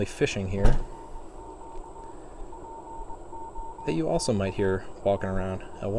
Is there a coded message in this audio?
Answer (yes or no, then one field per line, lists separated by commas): yes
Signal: Morse code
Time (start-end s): 0.6-5.8 s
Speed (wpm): 22 wpm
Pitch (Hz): 910 Hz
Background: speech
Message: CQ POTA LE